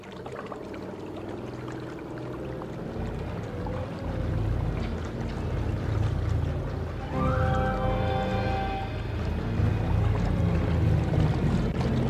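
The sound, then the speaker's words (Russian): The submarine Nautilus, from the novel "80,000 Kilometres Under the Sea", being launched into water: steady churning, rushing water over a deep rumble, joined partway through by a rising mechanical whine that settles into a sustained harmonic tone. “Спустить Наутилус со страниц романа 80 тысяч километров под водою.”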